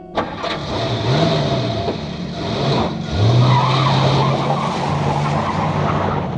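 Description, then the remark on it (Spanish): A car engine roars as the car enters a curve at 45 miles per hour, its pitch swinging up and down as tires squeal and skid through the curve. The loud, steady rumble continues throughout with no voices. “La avispa chocó zumbando contra el cristal del parabrisas en el interior del coche y el conductor notó la presencia del insecto por primera vez. En aquel momento iniciaba una curva a 45 millas por hora, de modo que no pudo hacer nada.”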